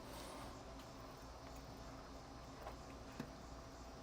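A plastic air brake line tube for a Demco Air Force One flat tow brake system on a 2025 Ford F-150 is being worked by hand, with both hands if needed, into a push-to-connect fitting. A steady low background hum carries faint handling rustles and small ticks near 2.7 s and 3.2 s. Nothing has seated or clicked into place yet.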